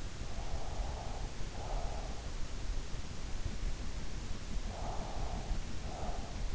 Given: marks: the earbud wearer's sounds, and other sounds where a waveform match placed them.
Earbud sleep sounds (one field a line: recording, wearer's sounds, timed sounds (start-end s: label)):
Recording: sounds in sleep by an in-ear microphone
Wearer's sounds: breath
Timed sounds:
0.16-2.52 s: breath
4.57-6.55 s: breath